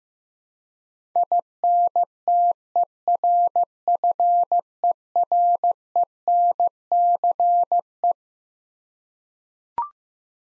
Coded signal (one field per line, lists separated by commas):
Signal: Morse code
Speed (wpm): 15 wpm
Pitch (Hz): 700 Hz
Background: none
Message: INTERFERENCE